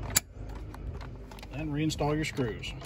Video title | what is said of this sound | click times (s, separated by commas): 1999-2006 GMC Sierra / Chevrolet Silverado - A/C & Heater control unit swap | Reinstall the unit. Push back till you hear it click. | 0.2 s